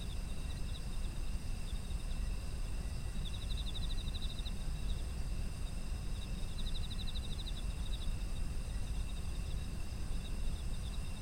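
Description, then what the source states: Insect chorus: two short bursts of fast pulsed high chirping near the middle, over continuous thin insect tones and heavy low-frequency noise. Autumn insect ambience.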